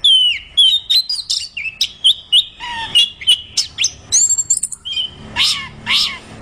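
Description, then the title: Orange-headed thrush song of clear whistled notes repeated in short series, some sliding downward. Described as gacor, meaning singing vigorously and constantly. "Anis Kembang Gacor"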